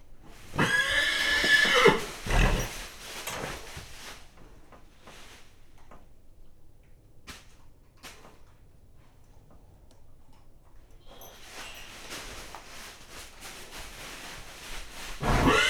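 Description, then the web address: Horse whinnying, a loud neigh in the first two seconds, then quiet shuffling and knocks, ending with louder noisy sounds. Horse nervous and restless in a stable in a farmyard. "allathangok parasztudvar lo istallobanidegeskedik"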